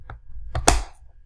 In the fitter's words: you'll find a little click into place